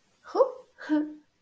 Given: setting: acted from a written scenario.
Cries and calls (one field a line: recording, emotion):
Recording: vocal sound without words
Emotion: contentment